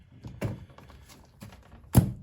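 The rubber mounting foot of a Seat Arona's airbox is pushed into its grommet during an air filter change. Soft thunks and small taps build up before a sharp, louder pop at 2.0 s as the foot seats, confirmed as definitely in.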